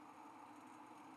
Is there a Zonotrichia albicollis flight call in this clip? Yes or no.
no